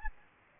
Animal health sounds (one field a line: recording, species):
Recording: mosquito wingbeat signal from an infrared sensor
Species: Aedes albopictus